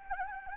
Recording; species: mosquito wingbeat signal from an infrared sensor; Anopheles gambiae